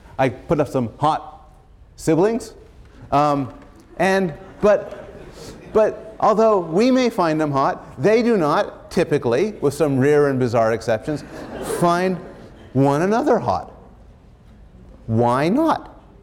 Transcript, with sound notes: I put up some hot siblings and — but — although we may find them hot, they do not typically, with some rare and bizarre exceptions, find [laughter] one another hot. Why not?